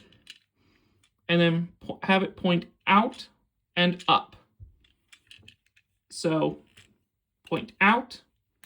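A plastic part of a Power of the Primes Rodimus Unicronus transforming robot toy is handled and rotated to point out and up toward a ratchet or detent position on the toy body, while someone talks. Faint handling taps and clicks come through between the speech. Nothing has seated or clicked into place yet when the clip ends.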